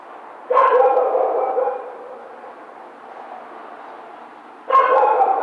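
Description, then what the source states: Coyote, two harsh drawn-out bark-howls separated by about four seconds of low background hiss. Howl, recorded 16 March 2010.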